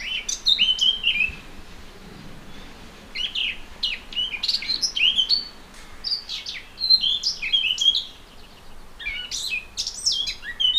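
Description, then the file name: Eurasian blackcap warbling: varied, quick phrases of chirpy and whistled notes jumping between pitches, delivered in loose bursts with short pauses, fairly loud against a soft background. "Sylvia atricapilla"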